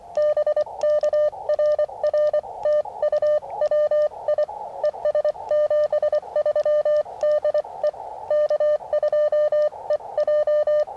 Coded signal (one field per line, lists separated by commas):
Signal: Morse code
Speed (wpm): 23 wpm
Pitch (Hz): 590 Hz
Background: radio noise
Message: BK RR TU WI ES 73 DE K2EJ